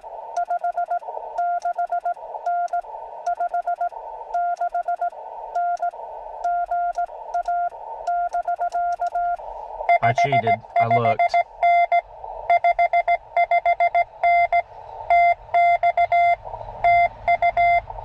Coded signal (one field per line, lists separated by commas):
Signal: Morse code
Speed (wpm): 17 wpm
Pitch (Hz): 690 Hz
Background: none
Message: 56N 56N GA <BK> 55N 55N TX TU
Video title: A quick CW Jeep POTA Activation on 17m - US-7882 Doerun Pitcherplant Bog WMA